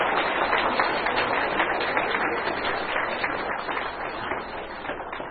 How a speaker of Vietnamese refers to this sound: Chúng con xin Thầy nhận nơi đây chúng con một tràng pháo tay thật là đặc biệt để cảm tạ Thầy.